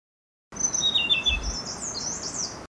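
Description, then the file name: Blue-throated blue flycatcher sings falling whistled notes that give way to a fast, high-pitched twitter, with a brief low thud in the background. "kicau sikatan blue throated. omkicau"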